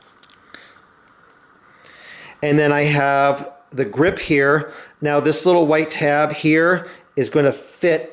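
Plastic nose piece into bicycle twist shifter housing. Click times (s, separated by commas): 0.2 s, 0.3 s, 0.5 s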